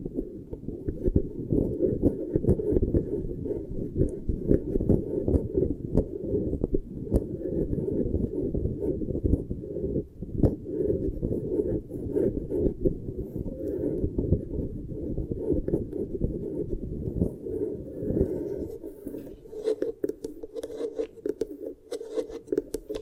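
Beeswax is pressed and kneaded in a dense, continuous stream of low, muffled crackles and squishes packed with tiny clicks. Sharper pops stand out around seven and ten seconds, and past nineteen seconds the rubbing turns smoother and steadier.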